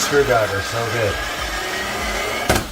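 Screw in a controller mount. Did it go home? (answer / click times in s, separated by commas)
no / 2.5 s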